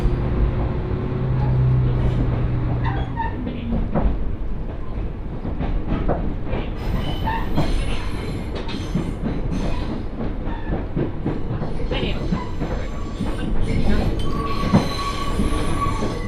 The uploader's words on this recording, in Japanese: 耳で楽しむ鉄道旅 水島臨海鉄道 倉敷市→三菱自工前。